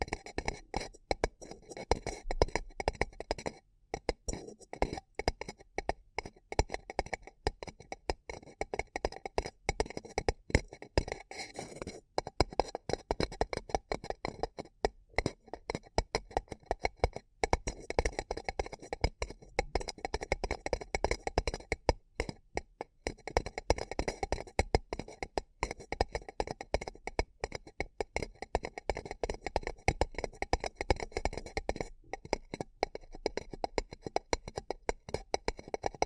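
Paper cup tingles: a dense, continuous stream of quick crinkling and tapping sounds on a paper cup, with many small sharp clicks and scratches packed tightly together. The activity stays busy throughout, with a few brief pauses near 4, 22 and 32 seconds.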